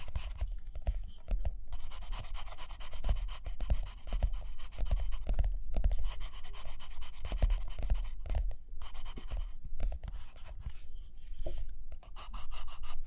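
Pen or pencil strokes scratch steadily across paper, a dense run of short dry scrapes with occasional firmer taps. Low soft thumps punctuate the writing every second or so, and brief pauses break the scratching around two, six and nine seconds.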